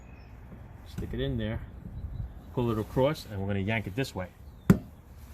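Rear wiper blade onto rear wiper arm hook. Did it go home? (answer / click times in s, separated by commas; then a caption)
yes / 4.7 s. A replacement rear wiper blade for a 2021 Chevy TrailBlazer is put onto the rear wiper arm hook, pulled across and yanked into place while someone talks. It locks on with one sharp click at 4.7 s, and the blade is seated.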